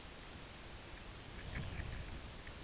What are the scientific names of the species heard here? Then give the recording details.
none. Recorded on Arctic tundra, site UTQI-5, on 16 June 2019. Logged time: 12:00